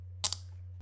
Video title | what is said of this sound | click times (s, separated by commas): Unboxing, Ride & Review: Scorpion EXO Covert X Helmet (European Version) | When you want it off, you just kind of pull down and it unlatches. | 0.3 s